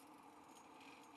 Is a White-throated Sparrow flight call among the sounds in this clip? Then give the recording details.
no. No flight call is heard. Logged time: 03:42 on 5 December 2014